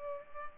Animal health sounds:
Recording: mosquito wingbeat signal from an infrared sensor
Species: Culex pipiens

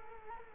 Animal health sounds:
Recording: mosquito wingbeat signal from an infrared sensor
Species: Culex quinquefasciatus

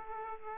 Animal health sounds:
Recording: mosquito wingbeat signal from an infrared sensor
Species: Aedes aegypti

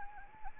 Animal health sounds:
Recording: mosquito wingbeat signal from an infrared sensor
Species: Anopheles arabiensis

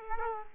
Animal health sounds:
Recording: mosquito wingbeat signal from an infrared sensor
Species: Culex quinquefasciatus

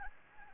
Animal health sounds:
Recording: mosquito wingbeat signal from an infrared sensor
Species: Anopheles gambiae

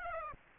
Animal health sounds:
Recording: mosquito wingbeat signal from an infrared sensor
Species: Aedes aegypti

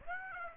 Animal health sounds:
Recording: mosquito wingbeat signal from an infrared sensor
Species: Aedes aegypti

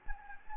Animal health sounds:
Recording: mosquito wingbeat signal from an infrared sensor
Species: Anopheles gambiae

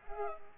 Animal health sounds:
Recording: mosquito wingbeat signal from an infrared sensor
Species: Culex pipiens

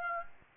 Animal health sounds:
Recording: mosquito wingbeat signal from an infrared sensor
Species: Aedes aegypti

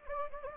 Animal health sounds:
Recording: mosquito wingbeat signal from an infrared sensor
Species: Anopheles gambiae

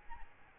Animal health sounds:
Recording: mosquito wingbeat signal from an infrared sensor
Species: Aedes albopictus

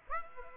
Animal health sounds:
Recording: mosquito wingbeat signal from an infrared sensor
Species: Aedes aegypti

